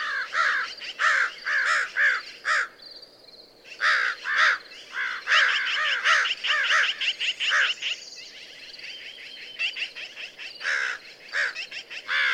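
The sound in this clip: American crow cawing in rapid, uneven series of hoarse notes, calls from more than one bird overlapping.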